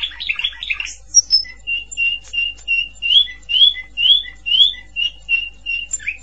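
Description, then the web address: Canary song: rapid, steady series of high chirping notes repeated about twice a second, opening with a fast jumble of twitters; faint low hum beneath. "honarfardi Canary Sound"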